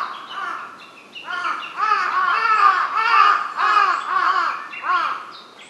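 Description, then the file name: Large-billed crow calling with a string of loud, harsh, arched caws. Recorded 23 May 2007. "hasibutogarasu 07052302"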